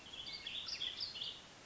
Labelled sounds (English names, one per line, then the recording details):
Warbling Vireo
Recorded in Sonoma County, California